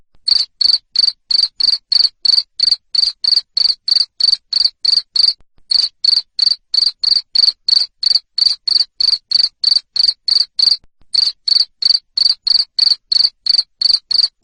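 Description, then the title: Long stretch of cricket chirping, sharp high pulses at a steady pace of about three per second, with two short pauses. Loud 'ngerik' cricket sound played to stimulate lovebirds to keep singing ('ngekek'). "Suara JANGKRIK NGERIK Keras Bikin LOVEBIRD Jadi NGEKEK Terus Vubey"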